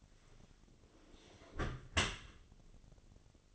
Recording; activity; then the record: daily activity, microphone in the room; close dishwasher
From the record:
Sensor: 4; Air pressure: 1007.5 hPa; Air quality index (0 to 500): 197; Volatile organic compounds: 7 ppm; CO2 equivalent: 1965 ppm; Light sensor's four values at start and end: 22/70/27/26 and 22/70/27/26